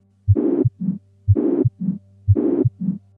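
Severe tricuspid regurgitation in an adult heart heard through a stethoscope: a harsh murmur fills all of systole between the first and second heart sounds. A softer, lower-pitched sound follows in diastole. The heart rate is about 60 beats per minute.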